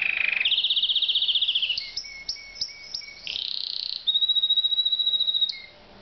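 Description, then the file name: Canary song made of rapid buzzy trills, a series of separate high chips, then a long steady high trill. "Uccello Canarino"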